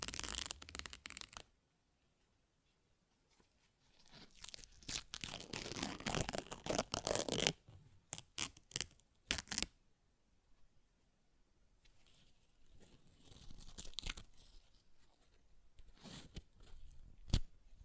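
Paper is ripped and torn in rough, crackling bursts, the loudest and longest tearing around four to seven seconds. Shorter rips come at the start and near nine seconds, separated by silences, with quieter rustling and a final sharp tear near the end.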